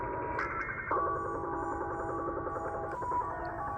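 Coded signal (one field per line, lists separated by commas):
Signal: channel marker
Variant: Japanese slot machine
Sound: chord of steady electronic tones that changes pitch in steps, like a slot machine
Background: radio static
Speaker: So that right there is going to be the Japanese slot machine out of Japan. It's a channel marker per se, and holds the channel.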